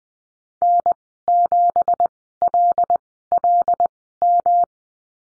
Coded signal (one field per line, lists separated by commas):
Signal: Morse code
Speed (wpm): 20 wpm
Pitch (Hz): 700 Hz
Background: none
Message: N7LLM